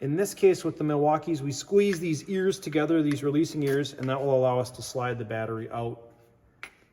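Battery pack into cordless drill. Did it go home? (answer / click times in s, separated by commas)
yes / 6.6 s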